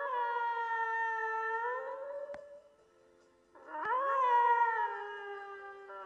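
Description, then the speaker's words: Beluga whale: beluga whistles: two long, harmonic-rich squealing tones, the first gently rising and the second sweeping up and then falling, with a brief pause between them. Belugas, called canaries of the sea, are endemic to Arctic and subarctic waters and move south when the Arctic sea freezes over, staying in Arctic or subarctic waters. "Voy a cerrar este podcast con el sonido de la beluga, también conocidos como los canarios del mar."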